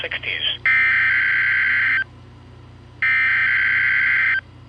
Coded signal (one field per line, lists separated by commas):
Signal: Emergency Alert System (SAME) tones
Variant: header bursts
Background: speech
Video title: (EAS #82) required weekly test. 9/25/24. ￼